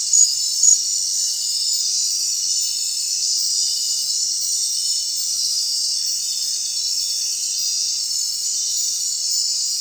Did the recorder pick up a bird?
no